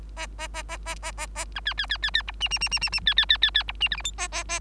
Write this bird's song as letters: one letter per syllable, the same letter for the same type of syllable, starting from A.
A A A A A A A A B C C C C C D E E E E E E C C C C C D E F G H A A A